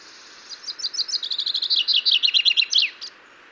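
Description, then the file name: Common chaffinch song: quick high notes tumbling downward in a rattling series, ending in an emphatic downward flourish, over faint background hiss. "Fringilla coelebs"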